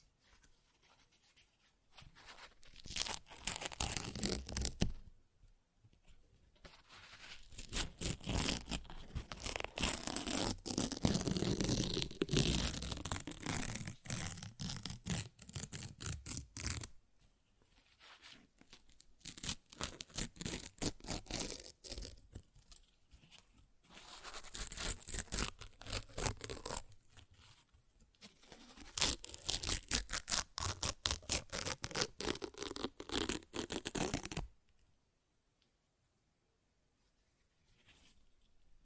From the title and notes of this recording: ASMR Paper Ripping Tearing Sounds (No Talking).